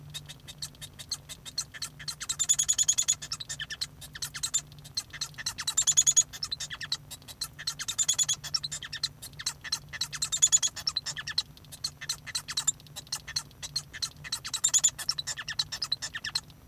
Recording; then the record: song of a male Bengalese finch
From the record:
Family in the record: son of father 1